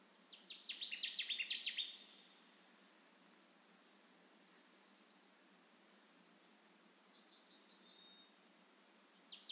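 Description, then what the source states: Connecticut warbler delivers one emphatic phrase of fast repeated slurred notes; faint thin high notes follow during the quiet. Recorded on 10 June 2021.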